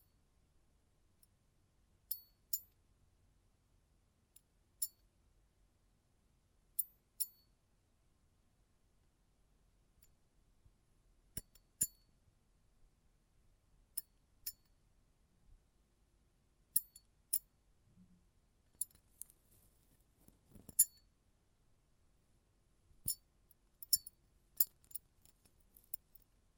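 Close-up metallic sounds: sharp, bright clicks and clinks, like small metal pieces tapping or snipping, come one at a time or in quick pairs every second or two. Near silence fills the gaps, and a few taps in the second half land harder.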